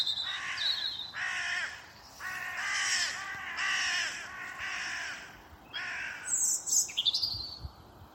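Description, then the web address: Bird: a series of many harsh, raspy caws, with thin high chirps near the end. "Deverinetal 2025 File origin Bird Only"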